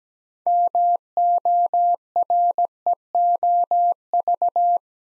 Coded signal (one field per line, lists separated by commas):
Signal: Morse code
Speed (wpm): 17 wpm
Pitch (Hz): 700 Hz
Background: none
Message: MOREOV